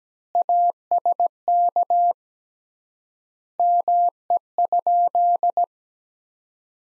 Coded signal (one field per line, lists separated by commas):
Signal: Morse code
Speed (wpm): 17 wpm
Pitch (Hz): 700 Hz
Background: none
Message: ASK ME?